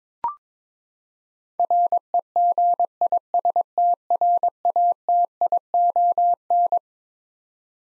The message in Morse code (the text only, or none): REGISTRATION